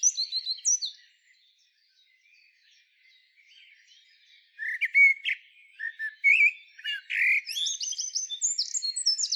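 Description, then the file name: Common blackbird song: a few high squeaky notes, a pause, then a long varied passage of fluted warbles interspersed with thin, high, scratchy twitters. "Turdus merula"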